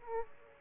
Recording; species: mosquito wingbeat signal from an infrared sensor; Aedes aegypti